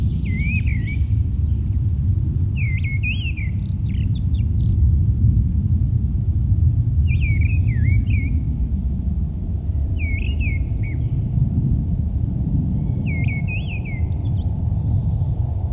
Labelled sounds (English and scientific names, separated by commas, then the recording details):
Mistle Thrush (Turdus viscivorus) song
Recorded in the wild
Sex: male
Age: adult
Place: Freiburg, Baden-Württemberg, DE
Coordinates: 48.0333, 7.82472
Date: 1960-03-24
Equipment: Maihak MMK 4, Sennheiser MD 82
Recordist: Thielcke, Gerhard